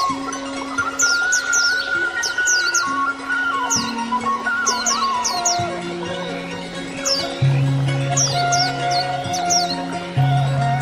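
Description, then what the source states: Oriental magpie-robin singing clusters of bright, high, sweeping chirps in rapid groups, with a continuous droning hum and lower tonal background throughout. Song (kicau).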